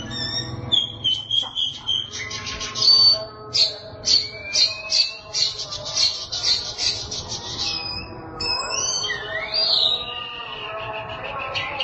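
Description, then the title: Oriental magpie-robin delivering a long run of quick repeated chips and pulses, ending in looping, rising and falling whistled phrases. Chirping song (kicauan). "Suara Kicauan Burung Kacer Durasi Panjang"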